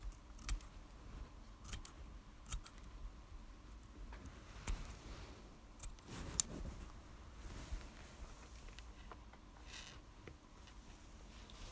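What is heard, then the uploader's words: Quiet tapping, with irregular soft taps every second or so and a sharper click near six seconds. Asmr tapping// no talking.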